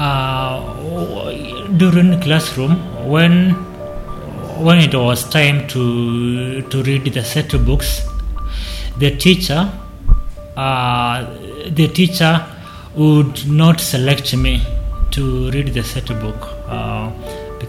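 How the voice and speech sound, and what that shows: An adult man from Tala, Machakos County, Kenya, who has stammered since childhood, speaks in short bursts. He repeats words and whole phrases ("when… when", "the teacher… the teacher"), with a silent block of about two seconds and drawn-out syllables. These repetitions, blocks and prolongations are typical of stuttering, a childhood-onset fluency disorder.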